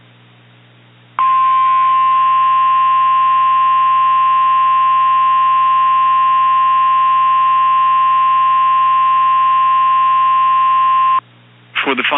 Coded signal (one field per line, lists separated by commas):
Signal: Emergency Alert System (SAME) tones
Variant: 1050 Hz attention tone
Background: speech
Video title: PREVIEW: The Freezing One: Manipulated Nature - an EAS Scenario